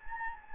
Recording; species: mosquito wingbeat signal from an infrared sensor; Anopheles gambiae